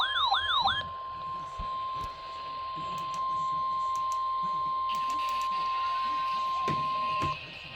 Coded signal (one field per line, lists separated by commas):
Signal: Emergency Alert System (SAME) tones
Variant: 1050 Hz attention tone